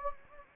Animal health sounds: mosquito wingbeat signal from an infrared sensor; Anopheles gambiae

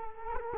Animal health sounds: mosquito wingbeat signal from an infrared sensor; Culex quinquefasciatus

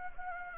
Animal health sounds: mosquito wingbeat signal from an infrared sensor; Anopheles gambiae

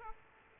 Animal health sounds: mosquito wingbeat signal from an infrared sensor; Aedes aegypti

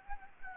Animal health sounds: mosquito wingbeat signal from an infrared sensor; Anopheles gambiae

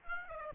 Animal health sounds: mosquito wingbeat signal from an infrared sensor; Aedes aegypti

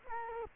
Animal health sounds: mosquito wingbeat signal from an infrared sensor; Culex quinquefasciatus

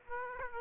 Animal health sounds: mosquito wingbeat signal from an infrared sensor; Aedes aegypti

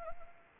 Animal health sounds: mosquito wingbeat signal from an infrared sensor; Anopheles arabiensis

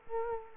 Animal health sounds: mosquito wingbeat signal from an infrared sensor; Culex quinquefasciatus

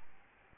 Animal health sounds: mosquito wingbeat signal from an infrared sensor; Aedes albopictus

